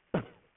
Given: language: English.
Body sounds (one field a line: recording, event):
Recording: throat vibration sensor signal played as sound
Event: cough